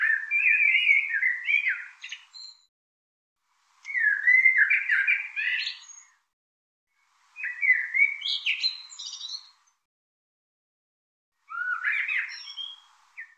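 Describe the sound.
Bird giving four chattering phrases of quick mixed chirps and whistles, each about two seconds long, repeated roughly every three to four seconds with silence between.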